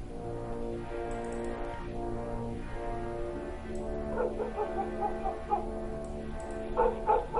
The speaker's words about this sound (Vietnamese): Mấy con chó hết lần này đến lần khác làm tôi điên tiết. Có mấy con chó ở nhà đầu bên kia vẫn cứ sủa, sủa sang ghê lắm.